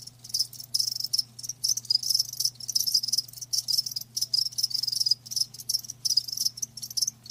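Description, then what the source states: Chorus of crickets producing fast, high chirp pulses in dense clusters with short silent gaps, a faint steady hum beneath. Live crickets chirping with a lulling song.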